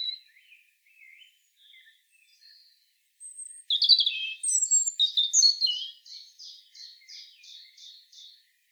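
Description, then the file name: European robin song, soft scattered high notes at first, then a louder tumbling burst of varied whistles ending in a steady series of repeated ticking notes. "Erithacus rubecula"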